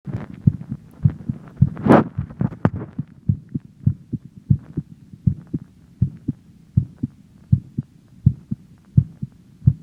Recording my heartbeat (wt an iPhone). Just holding the iphone mic up to my heart, recorded wt the soundcloud iphone app.